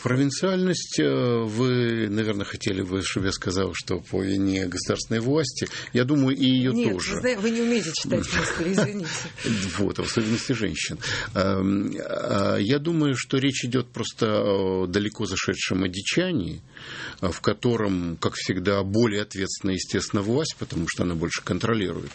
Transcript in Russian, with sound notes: Провинциальность – вы, наверное, хотели бы, чтобы я сказал, что по вине государственной власти. Я думаю, и ее тоже.
Нет, вы не умеете читать мысли, извините. (смеется)
Вот. В особенности женщин. Я думаю, что речь идет просто о далеко зашедшем одичании, в котором как всегда более ответственна, естественно, власть, потому что она больше контролирует.